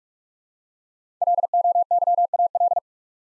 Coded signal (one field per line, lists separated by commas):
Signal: Morse code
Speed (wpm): 44 wpm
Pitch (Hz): 700 Hz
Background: none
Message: LOYAL